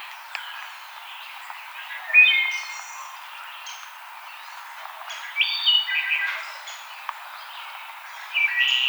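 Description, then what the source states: Wood thrush singing several separate flutelike phrases, ringing and varied in pitch, with short pauses between them. Recorded 5 May 2007.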